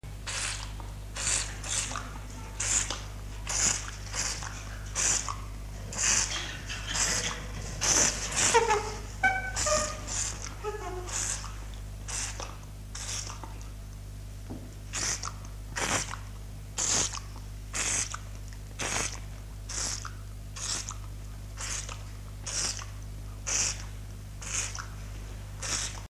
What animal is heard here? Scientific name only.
Pan troglodytes